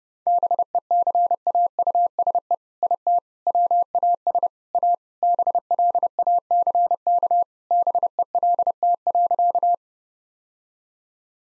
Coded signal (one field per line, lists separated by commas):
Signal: Morse code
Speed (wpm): 30 wpm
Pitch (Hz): 700 Hz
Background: none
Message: BECAUSE IT WAS A BLACK BELT.